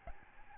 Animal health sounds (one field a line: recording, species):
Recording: mosquito wingbeat signal from an infrared sensor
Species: Aedes albopictus